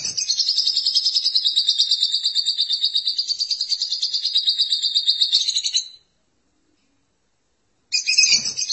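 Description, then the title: Lovebird chattering song, a fast steady buzzy trill held for about six seconds, then silence and a fresh burst near the end. "BM Suara Burung Lovebird"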